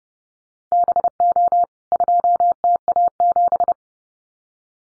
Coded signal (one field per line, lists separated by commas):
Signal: Morse code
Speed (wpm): 30 wpm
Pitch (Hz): 700 Hz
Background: none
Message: BO 2TA7